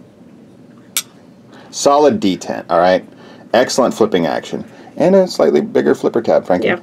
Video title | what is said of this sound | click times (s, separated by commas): The (nearly) budget Bestech Hornet | yeah, listen. Oh, there. Snaps into place. | 1.0 s